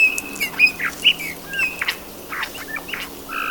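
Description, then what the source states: Eurasian Bullfinch giving soft, short piping notes, scattered and irregular, with faint chirps between them over a quiet background. Female's soft tender calls inviting the male to mate, while crouching with trembling wings and swaying body.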